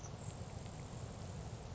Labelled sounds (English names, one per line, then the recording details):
Grasshopper Sparrow
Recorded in Sonoma County, California